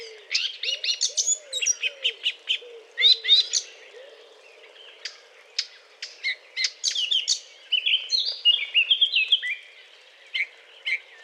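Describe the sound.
Eurasian blackcap courtship song, quick scratchy warbled phrases mixed with whistles, with soft low curved notes underneath early on and the song thinning out toward the end.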